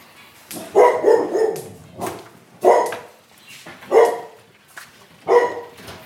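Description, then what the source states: Dog barking: a series of loud, harsh barks over six seconds. Shelter dogs in kennels at an animal shelter in Hermeray, Yvelines, France, surrounded by fields and forests, barking as visitors pass by.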